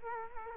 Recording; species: mosquito wingbeat signal from an infrared sensor; Culex quinquefasciatus